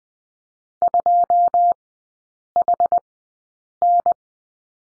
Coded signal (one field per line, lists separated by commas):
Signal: Morse code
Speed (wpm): 20 wpm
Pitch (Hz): 700 Hz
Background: none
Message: 2HN